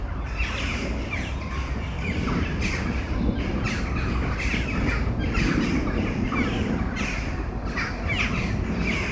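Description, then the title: Crows giving raspy caws, many birds overlapping in irregular bursts against a steady low background roar. Crows before a storm at Domaine de Tivoli, Mechelen, Belgium; Sony PCM-M10 internal microphones. "Domaine de Tivoli, Malines, Belgique, Belgium - Corneilles avant lorage - Crows before the storm"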